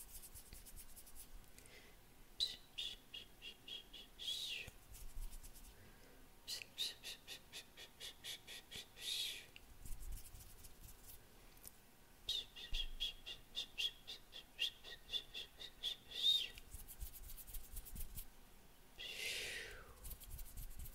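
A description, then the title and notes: Quiet mouth sounds come in rapid clicking bursts every few seconds, with soft rubbing and hand movements between them. ASMR PLUCKING NEGATIVE ENERGY, ASMR NO TALKING, ASMR CANDLE, ASMR HAND MOVEMENTS MOUTH SOUNDS.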